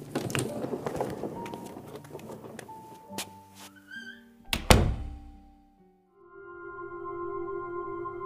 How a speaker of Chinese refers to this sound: 确认没有落下的东西之后，温以凡便拉开门走了出去。